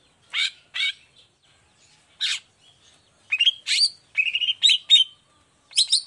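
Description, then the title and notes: Long-tailed shrike song: bursts of harsh, scratchy notes, first widely spaced, then a quicker run of buzzy phrases near the end. Morning singing, actively and full-voiced, in a 'toet toet' variation with a clear voice and varied phrases, presented as easy for other long-tailed shrikes to copy. "Cendet Gacor Dor Di Kala Pagi Toet Toet Variasi Suara. Efektif Cendet Gacor Suara Jernih Full Variasi Sangat Mudah Di Tiru Cendet Jenis Apapun. Burung cendet"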